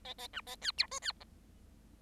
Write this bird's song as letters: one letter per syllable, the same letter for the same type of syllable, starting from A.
A A B A C D E C F